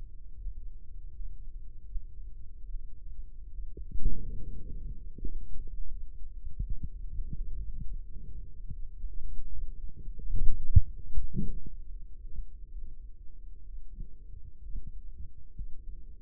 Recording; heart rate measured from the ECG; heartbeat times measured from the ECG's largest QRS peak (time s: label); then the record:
heart sounds by microphone in the right ear; 75 bpm
0.36 s: heartbeat
1.09 s: heartbeat
1.85 s: heartbeat
2.64 s: heartbeat
3.48 s: heartbeat
4.33 s: heartbeat
5.12 s: heartbeat
5.87 s: heartbeat
6.61 s: heartbeat
7.32 s: heartbeat
8.00 s: heartbeat
8.69 s: heartbeat
9.48 s: heartbeat
10.32 s: heartbeat
11.14 s: heartbeat
11.86 s: heartbeat
12.68 s: heartbeat
13.63 s: heartbeat
14.59 s: heartbeat
15.53 s: heartbeat
From the record:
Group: healthy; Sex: male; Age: 35 years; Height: 178 cm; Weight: 64 kg